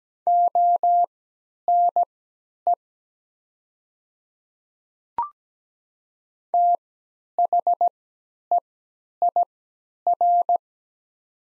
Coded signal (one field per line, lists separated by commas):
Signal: Morse code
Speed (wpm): 17 wpm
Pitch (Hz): 700 Hz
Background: none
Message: ONE THEIR